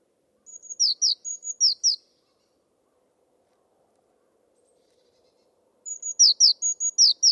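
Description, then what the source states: Bird giving two high phrases of level whistled notes alternating with quick falling chirps, with about four seconds of silence between them. Bird-only recording from a 2025 bird dataset.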